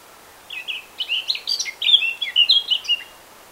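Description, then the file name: Eurasian blackcap song, a fast rich warble of varied notes lasting about two and a half seconds, clear and strong over quiet background. "Sylvia atricapilla"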